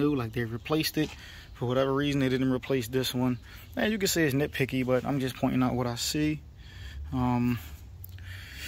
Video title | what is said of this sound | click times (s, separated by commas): Bayside Harley VA worst experience in my LIFE! | this door here his USB door does not secure shut even when you push it down | none